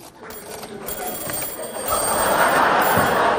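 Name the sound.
telephone ringing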